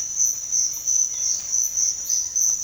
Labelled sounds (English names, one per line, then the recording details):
none
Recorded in pastures near Puerto Asís, Putumayo, Colombia, on 8 March 2025 at 06:30
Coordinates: 0.502, -76.324
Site GP07